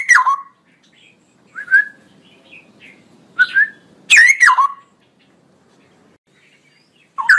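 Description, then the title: Straw-headed bulbul song: scattered loud whistled notes and short gurgling bursts separated by pauses, with faint soft chirps between. Male, singing loudly with long rolling phrases; used as master recording for training songbirds. "GILEEE Cucak ROWO Jantan GACOR Suara Lantang ROoo EL Panjang"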